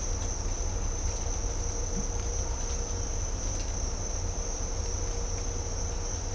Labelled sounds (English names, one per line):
none